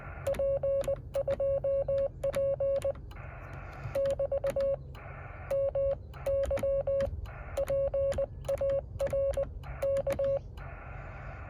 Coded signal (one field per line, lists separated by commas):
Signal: Morse code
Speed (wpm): 22 wpm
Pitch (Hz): 550 Hz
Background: radio noise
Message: P2P <BT> MY PARK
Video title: Morse Code POTA with Yaesu 817 10/22/2024